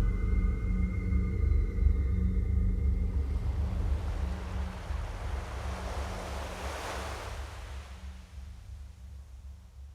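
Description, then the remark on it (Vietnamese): Waves crash on the vast open sea in a broad, roaring wash that swells to a peak in the second half and then slowly recedes, over a steady low rumble with a faint humming tone early on. “Giữa biển cả mênh mông, tiếng của gạch chìm nghỉm trong muôn vàng sóng vỗ.”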